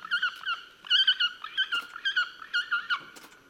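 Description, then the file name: Pallas's fish eagle calling in a rapid series of loud, harsh, harmonic yelps, several notes per second in uneven bursts. Recorded at Corbett on 30 November 2007. "Haliaeetus-leucoryphus- -Corbett"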